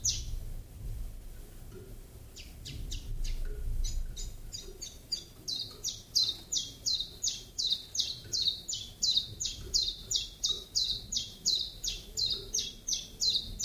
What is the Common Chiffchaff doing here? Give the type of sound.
song